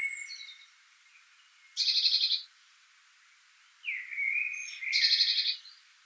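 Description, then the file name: Eurasian blue tit scolding with pulsed, rasping churrs, preceded by thin whistled notes and a quick slurred twitter. "Cyanistes caeruleus"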